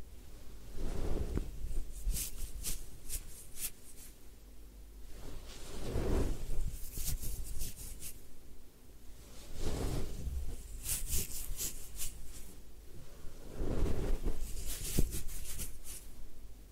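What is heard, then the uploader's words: Head spa hair wash with rhythmic scrubbing and swishing that swells about every four seconds, crisp bright rubbing bursts over a low rumble. Head Spa Hair Wash, Massage, Ear Cleaning.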